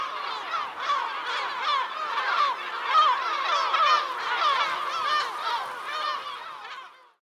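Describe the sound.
Birds calling as a dense flock, a continuous chorus of overlapping honking and chattering notes that fades out at the end.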